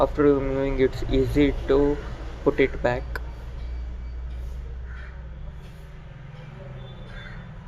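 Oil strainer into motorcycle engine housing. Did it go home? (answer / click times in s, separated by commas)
no / none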